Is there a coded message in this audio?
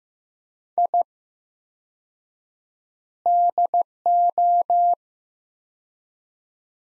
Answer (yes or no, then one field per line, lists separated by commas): yes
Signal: Morse code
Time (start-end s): 0.8-4.9 s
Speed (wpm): 15 wpm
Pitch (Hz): 700 Hz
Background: none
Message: I DO